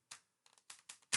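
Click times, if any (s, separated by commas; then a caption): 0.1 s, 0.7 s, 0.9 s. A wing panel is pushed onto an Arrows RC SZD-54 RC glider fuselage until its plastic snap catches pop up and click back down. Sharp clicks are heard at 0.1, 0.7 and 0.9 seconds, with a few fainter ticks around 0.5 seconds and a louder burst of noise near 1.1 seconds. The snap catches lock in, seating the wing.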